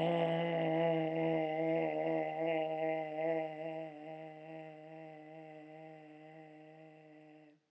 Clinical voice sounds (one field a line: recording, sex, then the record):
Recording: sustained vowel /e/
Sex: female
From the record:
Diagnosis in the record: healthy control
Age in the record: 72 years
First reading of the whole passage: 67 s, 7.5 characters per second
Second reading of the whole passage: 67 s, 7.5 characters per second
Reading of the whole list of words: 68 s, 4.2 characters per second